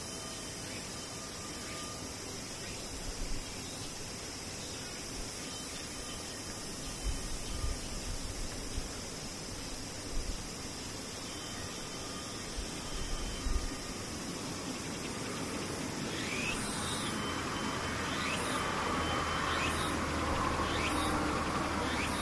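Cicadas drone in a dense, unbroken hiss with a steady high whine running through it and a low rumble underneath. From about fifteen seconds the sound swells slightly louder, and short, very bright chirps pulse repeatedly at the top.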